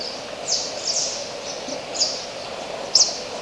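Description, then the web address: Oilbird calls: a few thin, high downward-sweeping shrieks, one sharper and louder near the end, over a constant background hiss. "sound Oilbird. صدای-مرغ-روغنی"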